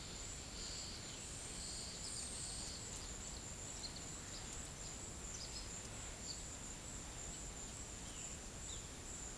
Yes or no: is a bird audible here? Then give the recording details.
no. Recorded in secondary vegetation near Puerto Asís, Putumayo, Colombia, on 26 December 2024 at 14:00. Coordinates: 0.489, -76.322. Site G059